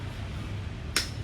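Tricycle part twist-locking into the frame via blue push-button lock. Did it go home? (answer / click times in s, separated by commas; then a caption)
yes / 1.0 s. A part on an EXOTIC children's tricycle is rotated while its small blue release button is pressed, until the push-and-turn twist lock engages in the frame. Over a low background hum, a single sharp, bright click sounds at 0.97 s. The lock clicks home and is seated.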